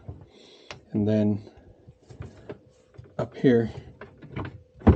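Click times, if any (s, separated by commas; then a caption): 4.9 s. Plastic water tubing is pushed up into the quick-connect fitting on a Culligan AC30 RO filter while someone talks. A few faint taps and clicks come first, then a sharp click at 4.9 s as the line locks into the fitting and is seated.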